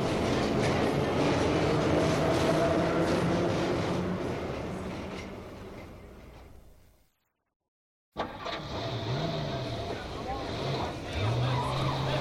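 A car's steady engine and road rumble drone along as someone gets into the car, fade into a brief silence, then return with a low engine hum and a rising, whining tone.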